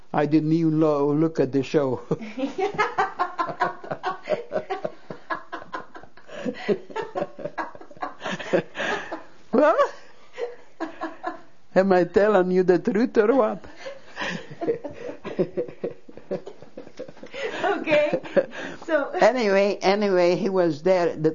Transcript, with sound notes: I didn't even look at the show. ( they laugh ) Well, am I telling you the truth, or what? ( they laugh )
Okay.
Anyway, he was there.